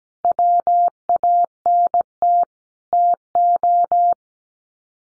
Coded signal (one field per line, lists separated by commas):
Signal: Morse code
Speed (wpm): 17 wpm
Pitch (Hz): 700 Hz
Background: none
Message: WANT TO